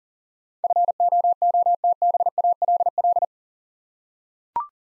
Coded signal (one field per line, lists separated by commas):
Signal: Morse code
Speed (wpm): 39 wpm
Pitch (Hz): 700 Hz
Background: none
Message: FOOTBALL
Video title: Easy Words with Hints - 40wpm